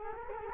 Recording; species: mosquito wingbeat signal from an infrared sensor; Culex quinquefasciatus